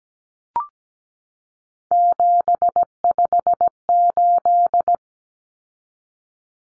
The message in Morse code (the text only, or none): 758